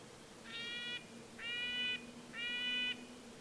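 Red-breasted nuthatch calling three nasal, horn-like notes, evenly spaced about one per second, each held briefly at a steady pitch.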